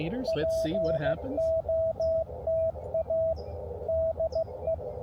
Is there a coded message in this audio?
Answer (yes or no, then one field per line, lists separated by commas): yes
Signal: Morse code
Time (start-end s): 0.3-4.8 s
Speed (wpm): 15 wpm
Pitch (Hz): 650 Hz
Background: speech, radio noise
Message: POTA DE